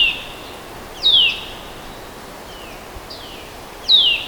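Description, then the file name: Eurasian nuthatch giving loud downslurred whistled calls, two strong notes nearly three seconds apart with fainter similar notes between, steady low hiss behind. "Sitta europaea"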